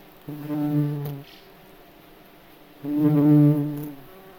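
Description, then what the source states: Bumblebee wings buzzing in two steady, low humming bursts of about a second each, separated by a quiet pause. Wing buzzing, heard in nature.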